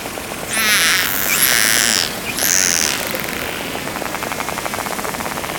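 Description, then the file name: Risso's dolphin burst-pulse calls: two or three buzzy, harmonic-rich bursts in the first three seconds, then a steady train of rapid clicks over underwater hiss. "Grampo"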